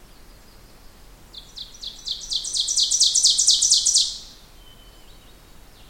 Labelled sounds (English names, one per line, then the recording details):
Ovenbird song
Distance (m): 10 m
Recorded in boreal forest in Alberta, Canada, on 16 June 2016 at 07:07
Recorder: SongMeter 3, array SBT-3-32
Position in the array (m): 177 m, 26 m
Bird 36